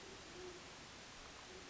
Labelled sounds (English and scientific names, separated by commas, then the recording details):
Band-tailed Pigeon (Patagioenas fasciata)
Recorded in Sonoma County, California